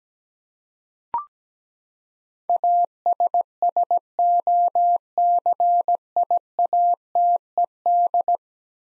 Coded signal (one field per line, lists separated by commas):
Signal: Morse code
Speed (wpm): 17 wpm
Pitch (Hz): 700 Hz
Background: none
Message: ASSOCIATED